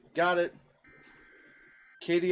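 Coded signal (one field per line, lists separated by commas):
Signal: Emergency Alert System (SAME) tones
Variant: header bursts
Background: speech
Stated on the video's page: Many EAS alerts captured during a severe weather slight-risk day.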